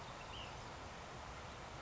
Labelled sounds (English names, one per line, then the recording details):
Ash-throated Flycatcher
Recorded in Sonoma County, California